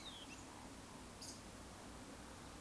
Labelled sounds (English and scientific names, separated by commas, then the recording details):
Eurasian Woodcock (Scolopax rusticola) whistle, Eurasian Woodcock (Scolopax rusticola) croak
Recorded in Baden-Württemberg, Germany, on 18 June 2021 at 19:33 UTC
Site 49334, 1074 m above sea level